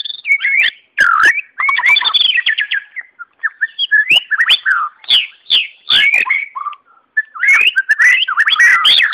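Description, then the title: White-rumped shama song of rich, varied whistles and slurred notes in rapid phrases, with sharp clicks and short gaps between bursts. "murai batu"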